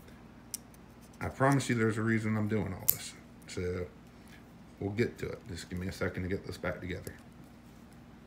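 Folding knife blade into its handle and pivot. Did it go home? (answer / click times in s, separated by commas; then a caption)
no / none. A dirty-inside Hinderer folding knife with a Tri-Way pivot, being switched from bearings to phosphor bronze or Teflon washers, is handled during reassembly while someone talks, with a sharp tick of handling near 0.5 s. Nothing has seated or clicked yet: the steel blade has not snapped home into its handle and pivot.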